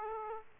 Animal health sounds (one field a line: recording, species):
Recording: mosquito wingbeat signal from an infrared sensor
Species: Aedes aegypti